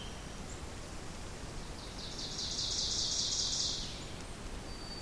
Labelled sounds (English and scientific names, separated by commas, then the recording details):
Ovenbird (Seiurus aurocapilla) song
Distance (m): 45 m
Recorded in boreal forest in Alberta, Canada, on 2 June 2016 at 08:16
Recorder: SongMeter 3, array SBT-3-7
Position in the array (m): 192 m, 1 m
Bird 6